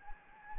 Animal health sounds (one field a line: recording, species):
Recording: mosquito wingbeat signal from an infrared sensor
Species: Anopheles gambiae